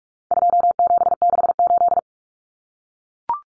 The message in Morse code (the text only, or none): 2768